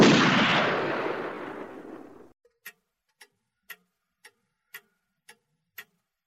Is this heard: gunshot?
yes